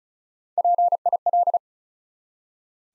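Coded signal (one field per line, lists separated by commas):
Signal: Morse code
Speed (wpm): 36 wpm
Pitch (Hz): 700 Hz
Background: none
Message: PIL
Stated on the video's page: 35 wpm Morse practice building five-letter words one letter at a time, aimed at instant character recognition.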